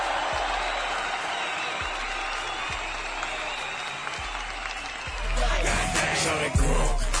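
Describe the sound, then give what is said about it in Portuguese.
A round of applause for the Telefônica technicians from a crowd, steady dense clapping that swells louder near the end, with a few cheers mixed in. “Uma salva de palmas para os técnicos da Telefônica.”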